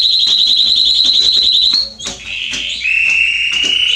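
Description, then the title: Canary song, a fast high trill followed by a brief pause, a buzzy note and a lower rolling trill. Male Belgian canary singing a lot, used to warm up and train young canaries. "Canary Training 17 Esquente Seu Filhote E Canario Belga Em 30 Minutos Macho Cantando Muito. CANTO DO CANRIO"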